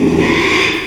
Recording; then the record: squeal of a Yucatan mini pig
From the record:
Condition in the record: after surgery on the right vocal fold (resection and tissue-engineered implant); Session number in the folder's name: 1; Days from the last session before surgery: 6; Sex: male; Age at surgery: 12 weeks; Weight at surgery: 13 kg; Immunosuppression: cyclosporine, prednisolone